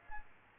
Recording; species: mosquito wingbeat signal from an infrared sensor; Aedes aegypti